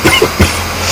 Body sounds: coughing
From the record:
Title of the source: Dry Afternoon Cough

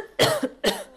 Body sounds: coughing mixed with background sound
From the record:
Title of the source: Coughing Woman Sound - Woman Cough Sound Effect

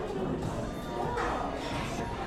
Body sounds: background sound without coughing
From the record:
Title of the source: 60 minutes of coffee shop sounds for study and concentration

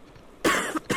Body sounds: coughing mixed with background sound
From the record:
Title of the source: 31 night wet cough

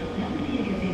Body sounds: coughing mixed with background sound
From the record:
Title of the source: female coughing - coughing sound effects girl

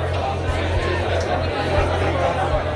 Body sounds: background sound without coughing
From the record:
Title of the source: CITY SOUNDS Busy Bar in the Evening Night - 2 HOURS of Ambiance for Relaxation

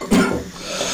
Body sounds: coughing mixed with background sound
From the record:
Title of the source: Residual Phlegmy Morning Coughing and Gagging

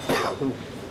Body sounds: coughing mixed with background sound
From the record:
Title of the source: Coughing 77

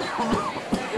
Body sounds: coughing mixed with background sound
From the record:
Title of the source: Spring Allergy Coughing

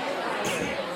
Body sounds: coughing mixed with background sound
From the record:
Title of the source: Spring Cold Coughing.

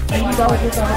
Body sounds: background sound without coughing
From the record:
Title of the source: Nightlife Party Simulating Party Club Noise 1 Hour

